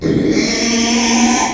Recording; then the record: squeal of a Yucatan mini pig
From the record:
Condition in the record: after surgery on the right vocal fold (resection and tissue-engineered implant); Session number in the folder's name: 2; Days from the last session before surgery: 13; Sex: male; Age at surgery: 12 weeks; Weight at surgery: 13 kg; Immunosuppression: cyclosporine, prednisolone